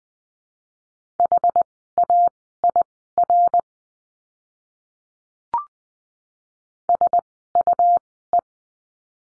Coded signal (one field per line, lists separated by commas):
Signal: Morse code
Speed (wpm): 20 wpm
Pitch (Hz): 700 Hz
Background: none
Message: HAIR SUE